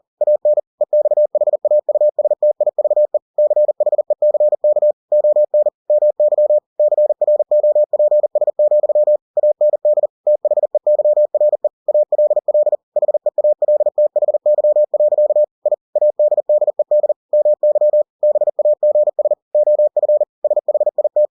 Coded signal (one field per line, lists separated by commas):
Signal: Morse code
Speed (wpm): 40 wpm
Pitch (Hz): 600 Hz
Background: none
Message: AN EXHAUSTIVE CHECK ON MY CROPS, AND THEYRE ALL HEALTHY. I ADDED MY BAGS OF SHIT